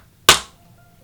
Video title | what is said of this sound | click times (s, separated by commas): Let's Sew - Styled Leggings - Episode 5 | push until it snaps into place | 0.3 s